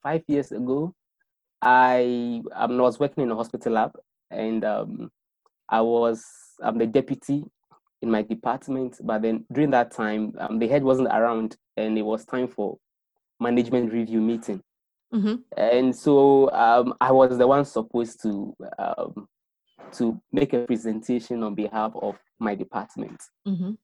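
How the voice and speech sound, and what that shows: Adult man from Ghana who stammers, speaking with stretched sounds on 'I' and 'to', frequent 'um' fillers and pauses, fitting mild stuttering; his stammer has been severe at times.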